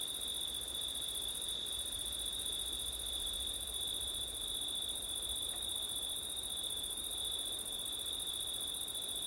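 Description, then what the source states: Cricket chorus, a steady high-pitched trilling whose upper voice drops out briefly once, with gentle wind noise in the background. Crickets on a September night in wind, recorded with an ORTF stereo setup.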